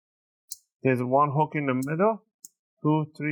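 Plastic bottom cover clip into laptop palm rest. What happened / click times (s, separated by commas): A plastic cover clip snaps into place / 0.5 s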